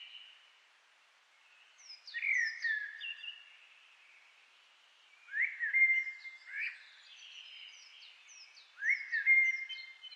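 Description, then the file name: Common blackbird song: flutey warbled phrases separated by brief pauses, each followed by thin high twittering notes. "Turdus merula"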